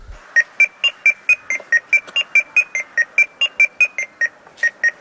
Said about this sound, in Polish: I był to filmik pod tytułem Znane kawałki na domofonie, więc wszystko zaczęło się od domofonu.